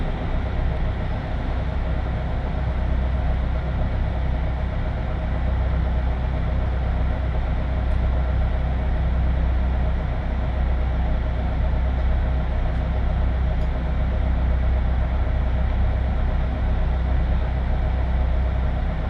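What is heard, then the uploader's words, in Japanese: A local train on the Tokaido Main Line runs between Toyohashi and Nishi-Okazaki, its deep rumble holding steady and dense throughout with no pauses. A faint whine sits above the roar, and a few tiny high ticks appear around the middle. 東海道本線各駅停車 豊橋→西岡崎。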